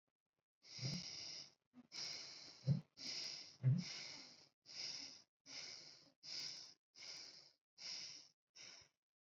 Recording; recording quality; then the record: deep breathing; excellent, no background noise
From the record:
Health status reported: COVID-19 positive, no symptoms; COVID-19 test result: positive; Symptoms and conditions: none ticked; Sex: male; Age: 23 years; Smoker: not ticked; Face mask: not worn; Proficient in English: yes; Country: India